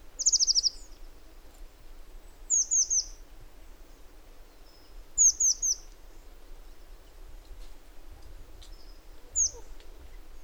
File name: Cyanistes caeruleus